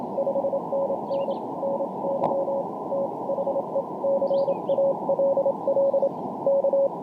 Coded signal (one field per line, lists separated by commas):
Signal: Morse code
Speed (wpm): 27 wpm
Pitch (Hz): 560 Hz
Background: none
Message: 5NN NY THE CALL K